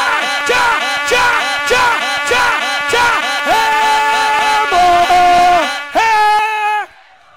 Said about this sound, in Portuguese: Torcida do Paysandu, peraí. Torcida do Paysandu, dá uma vaia na galera do Remo bem alto aí.